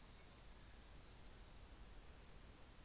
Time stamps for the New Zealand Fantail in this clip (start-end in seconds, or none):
none